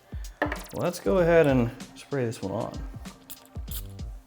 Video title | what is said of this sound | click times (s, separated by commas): NEW HERMES H24 FRAGRANCE FIRST IMPRESSIONS - THE NEW HYPE BEAST? | cap clicks into place | 0.4 s